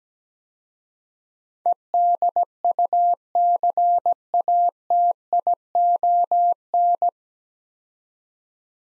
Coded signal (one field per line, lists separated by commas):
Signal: Morse code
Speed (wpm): 17 wpm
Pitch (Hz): 700 Hz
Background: none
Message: EDUCATION